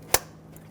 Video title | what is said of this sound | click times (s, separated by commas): How to Replace Ignition Coil Boots 2005-2015 Toyota Tacoma 2.7L L4 | install the connector push until you hear a click | 0.1 s